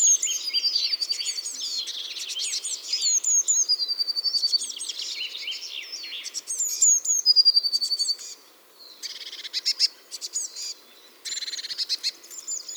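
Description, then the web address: Eurasian blue tit calls: bursts of sharp high ticking notes and thin slurred whistles, broken by short gaps, with faint steady background noise. "SETE data Cyanistes caeruleus"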